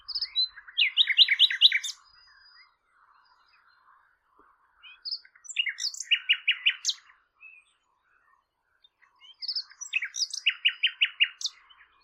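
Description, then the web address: Bird song in three bursts of rapid, buzzy repeated notes with high trills, each about two seconds long and separated by quiet gaps, with faint background chirps. "Bird Only"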